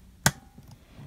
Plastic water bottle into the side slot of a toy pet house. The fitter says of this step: step two is to attach the water bottle into the side slot it's going to click into place